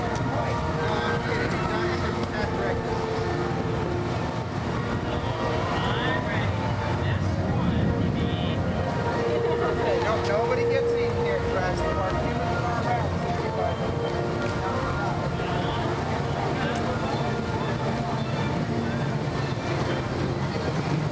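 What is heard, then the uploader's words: Theme park sounds: a dense, steady crowd murmur of many overlapping voices, with a low rumble of a vehicle or ride running underneath throughout. A brief clear tone rings out around the ten-second mark, and the overall level stays even from start to finish. Universal Islands of Adventure audio journey. The amazing sounds that come from a Theme Park.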